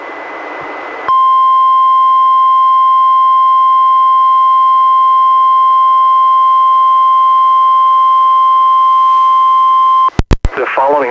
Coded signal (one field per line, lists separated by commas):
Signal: Emergency Alert System (SAME) tones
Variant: 1050 Hz attention tone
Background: speech